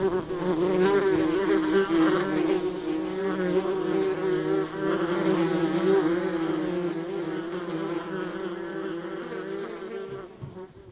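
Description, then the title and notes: Wasp buzzing, a dense, wavering hum of overlapping wingbeats, strong at first and gradually quieting near the close. Social wasps in Finland, a species group with at least 13 species there. "Viikon luontoääni: Ampiainen. Juha Laaksonen"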